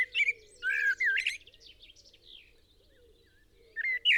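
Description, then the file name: Eurasian blackbird song: fluted whistled phrases with squeaky high endings open and close the passage, over a steady low hum of repeated notes from another caller. "Turdus merula"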